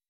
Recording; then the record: hydrophone in a shrimp aquaculture tank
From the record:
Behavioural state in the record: weakened